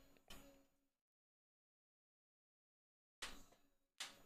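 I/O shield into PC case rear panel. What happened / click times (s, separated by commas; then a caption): The thin metal plate snapped into the case opening / 4.0 s. A metal I/O shield is pressed by hand into the rear opening of a PC case before the motherboard is fitted. A sharp knock sounds at 0.3 s and fades, followed by a stretch of dead silence and a burst of rattling contact at 3.2 s. A louder, crisp snap at 4.0 s marks the shield seating in place.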